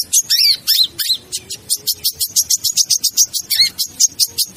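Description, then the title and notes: Bird song opening with a few slurred, twisting whistles, then a steady stream of rapid, high chirps, with a sweeping note near the end. Ringtone of a bird with a melodious voice. "Burung Dengan Suara Merdu"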